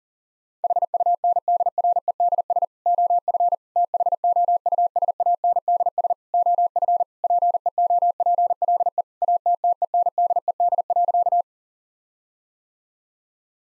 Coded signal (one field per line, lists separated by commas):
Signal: Morse code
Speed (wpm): 37 wpm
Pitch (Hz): 700 Hz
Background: none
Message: HUNDREDS OF THOUSANDS OF PEOPLE ATTENDED.